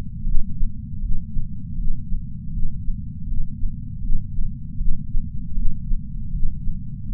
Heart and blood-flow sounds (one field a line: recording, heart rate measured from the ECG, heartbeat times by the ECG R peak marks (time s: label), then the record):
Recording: heart sounds by patch sensor on the chest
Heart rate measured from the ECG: 79 bpm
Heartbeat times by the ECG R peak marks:
0.24 s: heartbeat
1.00 s: heartbeat
1.76 s: heartbeat
2.52 s: heartbeat
3.26 s: heartbeat
4.01 s: heartbeat
4.77 s: heartbeat
5.54 s: heartbeat
6.31 s: heartbeat
7.07 s: heartbeat
From the record:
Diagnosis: coronary artery disease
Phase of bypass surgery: intraoperative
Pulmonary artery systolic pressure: 26 mmHg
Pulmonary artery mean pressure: 18 mmHg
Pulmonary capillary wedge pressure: 8 mmHg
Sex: female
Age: 52 years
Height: 163 cm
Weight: 80 kg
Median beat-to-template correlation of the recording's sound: 0.89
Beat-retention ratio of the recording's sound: 0.99